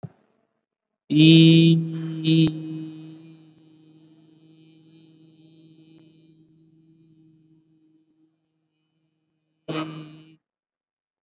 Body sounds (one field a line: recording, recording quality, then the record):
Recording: sustained vowel as in beet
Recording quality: excellent, no background noise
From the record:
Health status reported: COVID-19 positive, moderate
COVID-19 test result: positive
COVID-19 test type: RT-PCR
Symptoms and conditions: cough, cold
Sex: male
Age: 25 years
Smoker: no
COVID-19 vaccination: one dose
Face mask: worn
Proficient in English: yes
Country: India